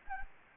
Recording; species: mosquito wingbeat signal from an infrared sensor; Anopheles gambiae